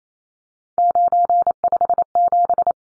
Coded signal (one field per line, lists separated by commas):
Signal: Morse code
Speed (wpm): 28 wpm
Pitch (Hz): 700 Hz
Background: none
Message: 957